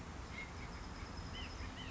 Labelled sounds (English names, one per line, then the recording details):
White-breasted Nuthatch
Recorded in Sonoma County, California